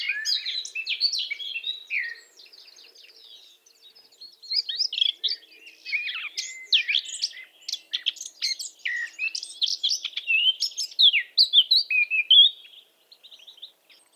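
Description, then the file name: Eurasian blackcap song: a rapid, varied chattering warble of quick high notes, pausing briefly after two seconds, then resuming in a dense scratchy burst before ending. "Sylvia atricapilla"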